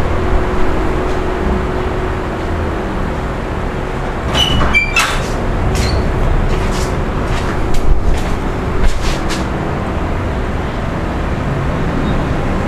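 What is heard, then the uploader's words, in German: A fan runs steadily in a hotel room, giving a constant low rumble and airy hiss with a faint steady hum underneath. Between about four and nine seconds, a cluster of brief bright clicks and rustles sounds, then the even drone continues. Hotelzimmer-Idylle: Entspannung mit dem sanften Summen eines Ventilators. Geräuschen eines Hotelzimmers mit Ventilator.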